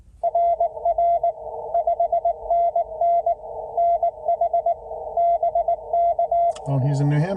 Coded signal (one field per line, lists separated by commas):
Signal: Morse code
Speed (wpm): 19 wpm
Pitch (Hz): 690 Hz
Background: speech, radio noise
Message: RR 5NN NH BK